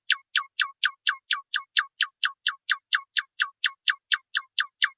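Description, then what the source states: Nightingale song: a steady, rapid series of identical sharp notes, with no other sounds. Masteran recording used for training caged birds.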